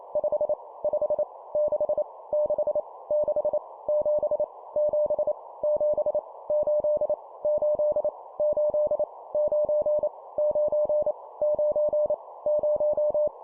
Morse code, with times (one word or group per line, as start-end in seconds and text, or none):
0.2-0.5 5
0.8-1.2 5
1.6-2.0 6
2.3-2.8 6
3.1-3.6 6
3.9-4.4 7
4.8-5.3 7
5.6-6.2 7
6.5-7.1 8
7.4-8.1 8
8.4-9.0 8
9.3-10.1 9
10.4-11.1 9
11.4-12.1 9
12.5-13.3 0